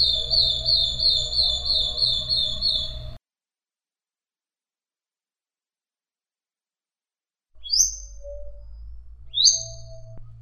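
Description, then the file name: Madi injap song: a high wavering trill for about three seconds over a low hum, then silence, then two sharp rising chirps. "suara kicauan burung madi injap"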